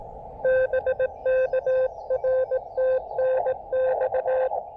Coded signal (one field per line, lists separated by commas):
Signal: Morse code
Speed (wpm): 18 wpm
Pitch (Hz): 520 Hz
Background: none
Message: BK R TNX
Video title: QRP POTA: Beating the propagation blues at Stonelick State Park!